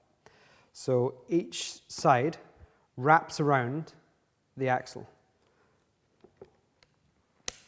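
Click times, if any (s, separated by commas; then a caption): 7.5 s. Someone talks while each side of a Tailfin AeroPack seat-pack rack leg is wrapped around the Tailfin through-axle, off the bike. A few faint taps follow as the leg is pushed on, then a sharp, satisfying click at 7.5 s as the clip snaps onto the axle and seats.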